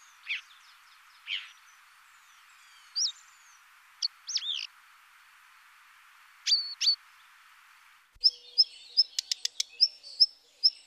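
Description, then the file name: Black redstart giving scattered high whistled and squeaky notes over steady hiss, then a quick series of sharp repeated call notes with dry ticking clicks. "Rougequeue Noir"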